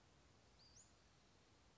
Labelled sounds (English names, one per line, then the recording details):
Western Flycatcher
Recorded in Sonoma County, California